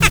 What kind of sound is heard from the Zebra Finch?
tet call